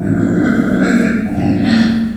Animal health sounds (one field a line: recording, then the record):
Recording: squeal of a Yucatan mini pig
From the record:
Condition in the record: after surgery on the right vocal fold (resection and tissue-engineered implant)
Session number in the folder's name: 3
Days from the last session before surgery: 21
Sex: female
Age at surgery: 19 weeks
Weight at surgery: 25 kg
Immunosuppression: prednisolone